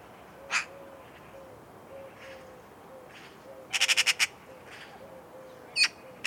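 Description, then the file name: Eurasian magpie giving a short burst of harsh rattling notes with scattered single squawks, over a faint, steady repeated low tone. "Pica pica"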